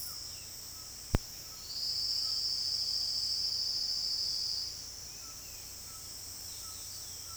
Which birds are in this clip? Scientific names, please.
Ramphastos tucanus, Sclateria naevia